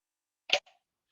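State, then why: Seated. A bilge pump body is pushed into its mounting base, which is screwed to the bottom of a boat so the pump won't fall around in rough water. A single sharp snap comes at 0.5 s, followed by a fainter rattle just after, then silence. The pump is seated and locked in place, holding firm when lifted by only its red part.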